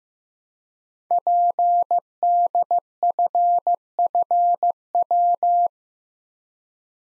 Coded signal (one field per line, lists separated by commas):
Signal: Morse code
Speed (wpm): 15 wpm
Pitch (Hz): 700 Hz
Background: none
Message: PDFFW